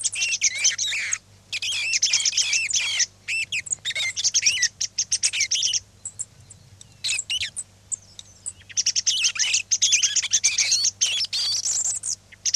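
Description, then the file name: Song thrush singing a dense, varied stream of whistled and chattering phrases with short pauses, some notes repeated in rapid series; a low constant hum underneath. "tordo bottaccio"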